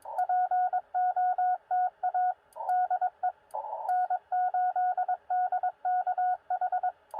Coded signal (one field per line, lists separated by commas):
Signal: Morse code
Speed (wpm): 22 wpm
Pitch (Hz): 730 Hz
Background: radio noise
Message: POTA DE N8DKH